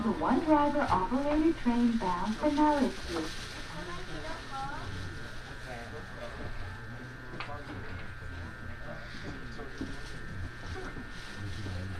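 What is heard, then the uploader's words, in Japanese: A voice speaks for the first three seconds over a low steady rumble aboard a train, then the rumble and faint hum continue with occasional clicks. 耳で楽しむ鉄道旅 えちごトキめき鉄道 高田→直江津→糸魚川。ディーゼルカー1両で足りてしまいます。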